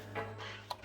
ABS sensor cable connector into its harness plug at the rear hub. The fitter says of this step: This is the ABS cable that just clicks in. So you look for the clip there and it will click in with the clip over here.